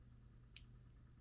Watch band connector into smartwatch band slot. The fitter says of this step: heard a click there we go okay now on the other side here